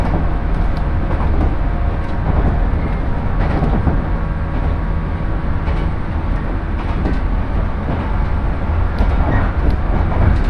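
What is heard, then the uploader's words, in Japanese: A train ride between Komoro, Ueda and Nagano on the Shinano Railway and Hokuriku Shinkansen. A steady, dense rumble with a deep low roar runs throughout at even loudness, with faint tonal hums and scattered brief clicks and knocks, notably around one, seven and nine seconds. しなの鉄道・北陸新幹線 小諸→上田→長野。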